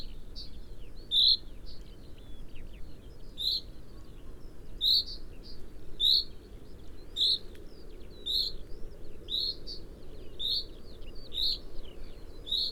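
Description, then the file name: Common chaffinch calling with a series of short high notes roughly once a second, over low background noise. "Fringilla coelebs"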